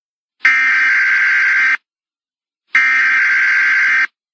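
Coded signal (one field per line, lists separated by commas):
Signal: Emergency Alert System (SAME) tones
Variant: header bursts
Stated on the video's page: Simulated EAS scenario, fictional.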